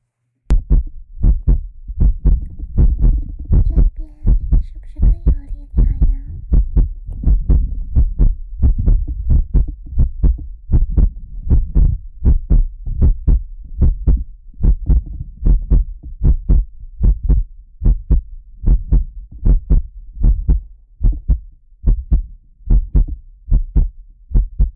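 A normal adult heartbeat heard at the chest, with an ear resting against a woman's chest, steady at about 77 beats per minute.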